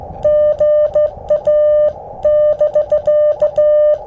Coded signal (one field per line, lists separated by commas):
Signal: Morse code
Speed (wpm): 15 wpm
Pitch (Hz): 600 Hz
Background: music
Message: GA<BK>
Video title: Using the G0NVT PB213 Straight Key: Parks on the Air @ K-2195 Reed Bingham State Park & Easter Eggs!